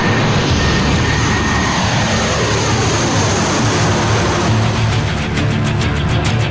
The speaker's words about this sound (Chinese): 随着飞机缓缓滑入跑道，试飞员把自排发动机的油门推到最高，顶着平衡木雷达的预警机在跑道上呼啸着冲上云霄。